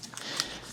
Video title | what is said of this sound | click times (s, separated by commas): How I Made Film Photography My Full-Time Career In 2024 | and it's great because it clicks into place like this | 0.4 s